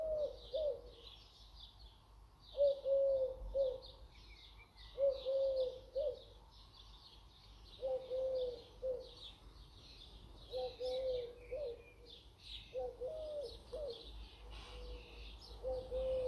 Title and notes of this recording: UK garden birds in the chorus, with bees, buzzing, wings flapping and leaves russteling. Nature in full chorus